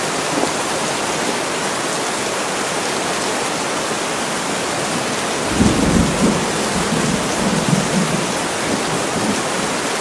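Heavy rain pours steadily onto a roof, a dense, even hiss that fills the whole clip with bright, fine patter. Around the sixth second a low rumble swells in beneath it, like thunder, rolling on faintly until the end.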